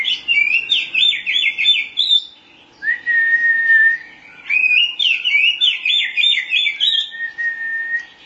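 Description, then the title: Oriental magpie-robin singing rich whistled phrases, rapid warbling trills alternating with long clear level whistles, in two bursts with a short pause between. Chirping song (kicauan) of the bird. "Suara Kicauan Burung Kacer Durasi Panjang"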